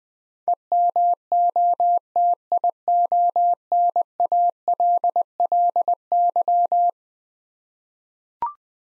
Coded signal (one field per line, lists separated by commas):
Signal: Morse code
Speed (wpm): 20 wpm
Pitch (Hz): 700 Hz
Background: none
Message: EMOTIONALLY